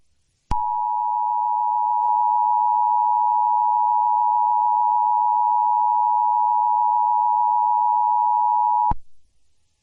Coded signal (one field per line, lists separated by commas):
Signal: Emergency Alert System (SAME) tones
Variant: 853 and 960 Hz attention tone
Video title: EAS Child Abduction Emergency Amber Alert Recreation 4/3/2024 (New Mexico)